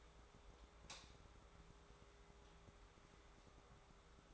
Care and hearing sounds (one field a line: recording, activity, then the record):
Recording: daily activity, microphone in the room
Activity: light on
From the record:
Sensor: 3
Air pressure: 1010.2 hPa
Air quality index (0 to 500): 166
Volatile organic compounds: 9 ppm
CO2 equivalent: 2178 ppm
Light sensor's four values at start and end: 50/123/54/60 and 52/130/57/63